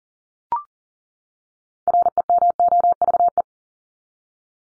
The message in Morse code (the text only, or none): REMOVE